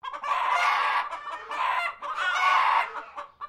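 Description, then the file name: Chicken squawking: several long, harsh, raspy cries separated by brief pauses, ending with a short clipped squawk. Japanese chickens squawking. "CHICKENS JAPANESE SQUWARKING"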